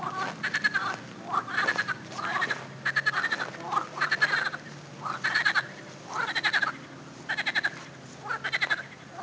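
Frogs produce rising, nasal croaks that break into rapid pulsed chuckles, roughly one burst a second, over a faint low hum.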